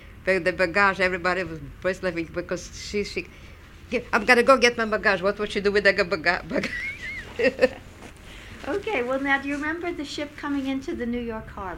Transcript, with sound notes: But the baggáge, everybody was first laughing because she, she, "I'm going to go get my baggáge." What would she do with the baggáge. (she laughs)
Okay. Well, now, do you remember ship coming into the New York Harbor?